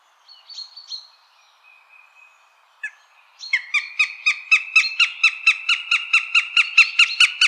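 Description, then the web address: Eurasian goshawk: a few thin squeals and a drawn-out whine, then a long, rapid run of loud, harsh kek notes. "Eurasian goshawk. صدای-پرنده-طرلان-اوراسیایی"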